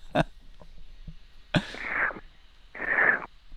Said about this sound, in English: That's him slurping right there.